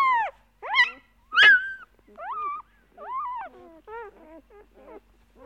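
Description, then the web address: Dog whining and yelping, high tonal cries bending up and down, a few sharp yelps early then softer falling whimpers at uneven intervals. "animali cani dog"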